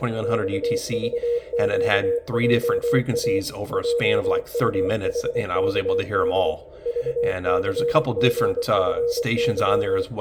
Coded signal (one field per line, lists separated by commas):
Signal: Morse code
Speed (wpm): 25 wpm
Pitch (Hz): 480 Hz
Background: speech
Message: XVQJA JUHKD VCGFY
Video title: M51/FAV22 French Military coded messages using Kiwi SDR out of Carlow, Ireland